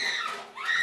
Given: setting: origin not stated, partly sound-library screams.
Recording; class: one-second piece from a danger detection set; woman in danger